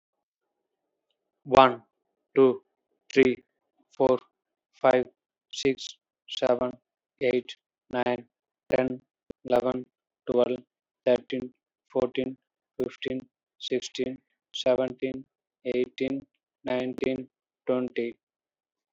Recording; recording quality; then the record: counting at a normal pace; excellent, no background noise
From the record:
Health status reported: healthy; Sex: male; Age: 37 years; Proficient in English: yes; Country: India